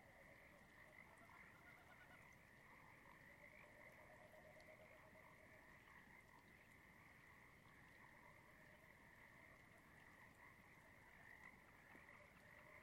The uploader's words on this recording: Dusk falls on my second night at Conboy Lake National Wildlife Refuge in Glenwood, WA. This time of year the sound of trickling water is omnipresent as the shallow valley fills with still water.